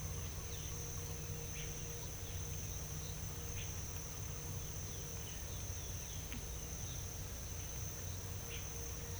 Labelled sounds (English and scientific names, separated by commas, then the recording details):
none
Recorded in pastures near Puerto Asís, Putumayo, Colombia, on 22 December 2024 at 06:30
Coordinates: 0.486, -76.323
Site GP01